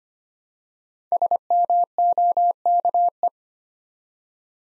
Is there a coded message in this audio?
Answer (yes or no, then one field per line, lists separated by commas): yes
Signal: Morse code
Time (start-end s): 1.1-3.3 s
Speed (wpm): 25 wpm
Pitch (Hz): 700 Hz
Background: none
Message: SMOKE